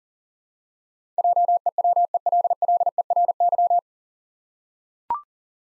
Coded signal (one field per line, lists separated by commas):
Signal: Morse code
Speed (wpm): 40 wpm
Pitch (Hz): 700 Hz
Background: none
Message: JEWELLERY